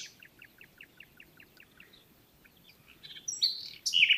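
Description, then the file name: Common nightingale phrase opening with soft, evenly spaced repeated notes, before sudden loud, harsh high bursts near the end. "Luscinia megarhynchos"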